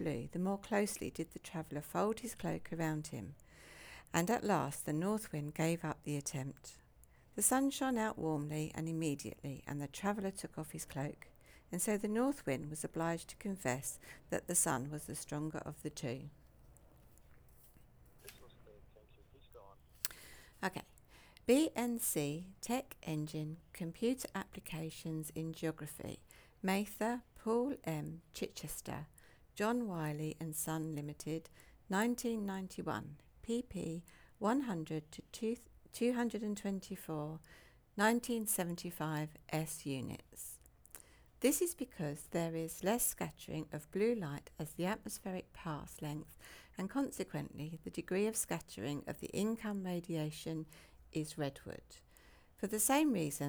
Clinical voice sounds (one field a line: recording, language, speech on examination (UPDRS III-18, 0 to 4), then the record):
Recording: text read into a phone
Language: English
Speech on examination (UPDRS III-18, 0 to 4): 0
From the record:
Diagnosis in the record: healthy control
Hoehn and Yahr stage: 0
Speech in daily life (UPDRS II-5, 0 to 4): 0